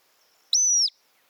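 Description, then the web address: Montagu's harrier single clear high whistle, steady in pitch and dropping briefly at the end, against a quiet background. "sound montagu's-harrier. صدای-پرنده-سنقر-گندمزار"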